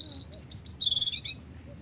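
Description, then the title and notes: European robin song: a brief run of high, clear whistled notes, some sliding and some held, over a low steady hum. Robin singing very close; Plage de Mémard, Aix-les-Bains, France; Zoom H4n Pro, recordist lying in the grass to shield it from wind. "Plage de Mémard, 73100 Aix-les-Bains, France - Tout près. un rouge-gorge chante tout près et vient se poser à 2mètres échange de regards ,il n'est pas craintif, il rejoint son perchoir dans l'arbre et délivre une série de cliquetis"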